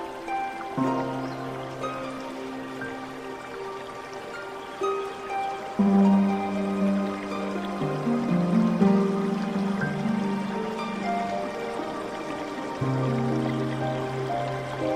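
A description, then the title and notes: Slow zen music of long, held low tones that shift to a new chord every few seconds, around one, six, eight and thirteen seconds in. Brighter notes linger above, and a faint trickle of water runs softly underneath throughout. Nature Sounds, Zen Music.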